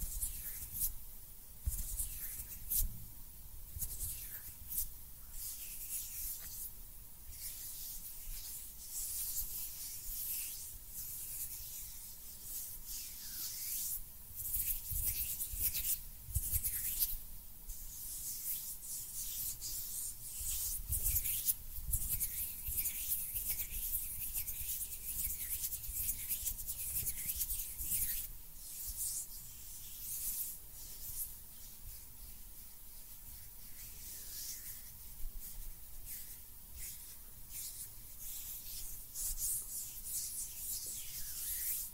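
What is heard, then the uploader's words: Hands rub and brush together with fingers fluttering, a continuous hissy, papery friction that stays dense throughout. Brighter swishes and soft low thumps come every second or so, with several stronger strokes near 15 and 21 seconds, over a faint steady tone. ASMR JUST HAND SOUNDS AND FINGER FLUTTERING UP CLOSE AND NO TALKING.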